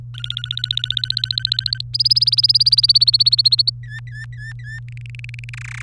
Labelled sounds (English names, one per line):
Domestic Canary song